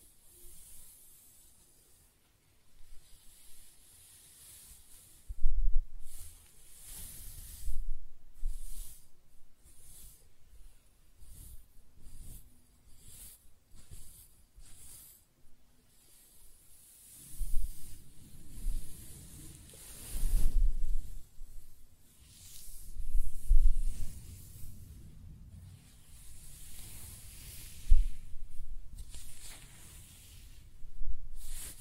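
Close-up scratching and stroking of hair come in soft, bright rustling bursts, quiet at first, then busier and more frequent after seventeen seconds.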